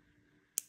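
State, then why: Seated. A metal jump ring on a necklace connector is closed with pliers by pushing its two ends past each other. After a quiet, low background, a single sharp, bright click is heard at 0.6 s as the ends pass. The jump ring clicks closed and is seated.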